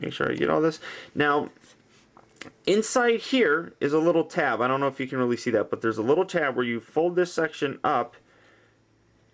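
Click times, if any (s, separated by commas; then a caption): none. Someone talks while handling a Hunt for the Decepticons Voyager Class Seaspray transforming robot action figure, pointing out a small tab on a plastic section that folds up to lock into place. Brief faint handling ticks come at about 2.2 and 2.4 seconds. The section has not been folded home yet, so nothing has locked or clicked into place.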